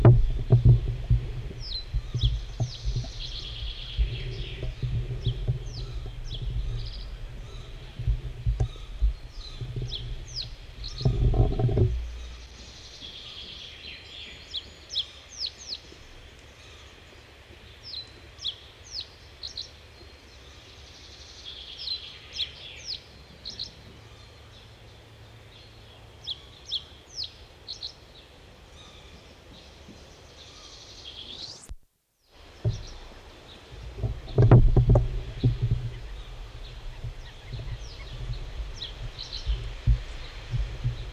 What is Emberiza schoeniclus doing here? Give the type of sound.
song